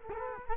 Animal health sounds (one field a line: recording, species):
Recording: mosquito wingbeat signal from an infrared sensor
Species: Culex quinquefasciatus